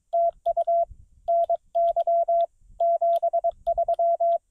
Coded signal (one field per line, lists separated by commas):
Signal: Morse code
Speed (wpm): 22 wpm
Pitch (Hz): 680 Hz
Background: none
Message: TU NY 73